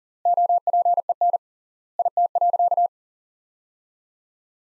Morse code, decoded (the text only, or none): OPEN IT.